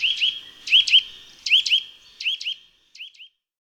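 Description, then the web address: Eurasian nuthatch giving sharp, ringing upslurred notes, mostly in pairs, fading toward the end of the short series. "Ptaki Kowalik"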